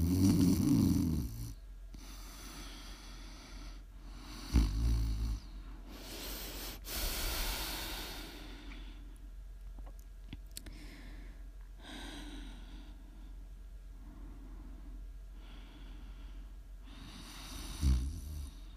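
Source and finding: Adult sleeper. Snoring.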